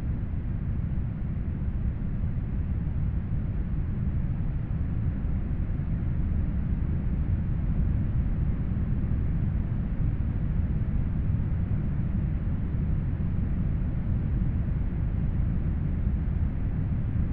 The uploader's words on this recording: Sound Machine Sleep Noise - Brown Noise Ambience.